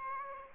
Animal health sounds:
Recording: mosquito wingbeat signal from an infrared sensor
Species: Aedes aegypti

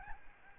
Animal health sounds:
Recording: mosquito wingbeat signal from an infrared sensor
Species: Aedes albopictus

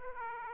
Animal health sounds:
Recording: mosquito wingbeat signal from an infrared sensor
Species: Aedes aegypti

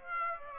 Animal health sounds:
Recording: mosquito wingbeat signal from an infrared sensor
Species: Aedes aegypti

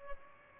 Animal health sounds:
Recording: mosquito wingbeat signal from an infrared sensor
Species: Aedes albopictus

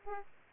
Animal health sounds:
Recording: mosquito wingbeat signal from an infrared sensor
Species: Aedes aegypti

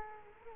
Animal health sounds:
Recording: mosquito wingbeat signal from an infrared sensor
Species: Culex quinquefasciatus

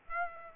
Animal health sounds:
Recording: mosquito wingbeat signal from an infrared sensor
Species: Aedes aegypti

